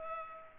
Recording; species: mosquito wingbeat signal from an infrared sensor; Culex pipiens